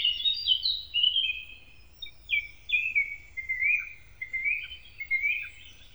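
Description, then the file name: Eurasian blackcap song: fast, varied warbling phrases with sliding, slurred notes, in short bursts separated by brief pauses. "moenchsgrasmuecke"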